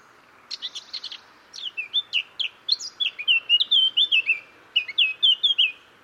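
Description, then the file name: Eurasian blackcap song: a brief scratchy chatter, then two bursts of rich, fluty whistled warbling, quick notes running together and rising and falling. "Sylvia atricapilla"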